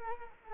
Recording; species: mosquito wingbeat signal from an infrared sensor; Culex quinquefasciatus